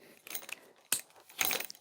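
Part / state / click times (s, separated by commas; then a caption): flip-lock lever on a trekking pole section / not seated / none. Hands work the speed-lock (flip-lock) lever on a section of a Z-fold trekking pole; the lock is what keeps the section tight. Light metallic ticks and rattles are heard, with a sharp tick near 0.9 s and a busier clatter from about 1.4 to 1.7 s. The lever has not yet snapped shut and nothing has clicked into place.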